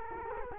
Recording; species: mosquito wingbeat signal from an infrared sensor; Culex quinquefasciatus